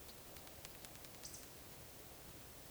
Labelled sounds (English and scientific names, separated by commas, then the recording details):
Eurasian Woodcock (Scolopax rusticola) whistle
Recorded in Baden-Württemberg, Germany, on 11 June 2020 at 20:14 UTC
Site 41501, 195 m above sea level